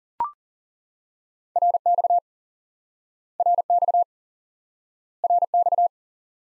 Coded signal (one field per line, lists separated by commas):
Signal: Morse code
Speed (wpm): 40 wpm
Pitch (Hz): 700 Hz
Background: none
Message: RX RX RX